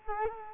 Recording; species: mosquito wingbeat signal from an infrared sensor; Culex quinquefasciatus